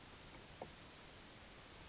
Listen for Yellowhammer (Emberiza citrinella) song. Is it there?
no